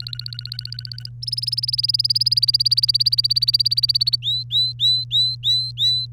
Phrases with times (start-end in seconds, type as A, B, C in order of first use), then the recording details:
0.00-1.08 A, 1.23-4.16 B, 4.23-6.06 C. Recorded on 3 May 2018 at 12:24. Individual llb3